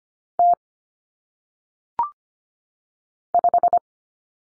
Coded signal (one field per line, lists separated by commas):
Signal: Morse code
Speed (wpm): 25 wpm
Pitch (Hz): 700 Hz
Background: none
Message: T 5